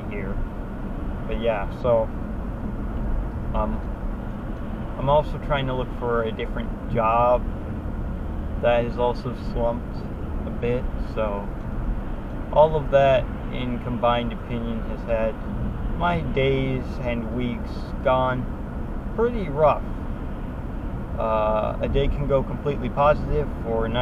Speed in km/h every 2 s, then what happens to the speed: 69, 68, 66, 64, 64, 64, 64, 61, 61, 64, 64, 64.
0-24 steady at about 64.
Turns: none.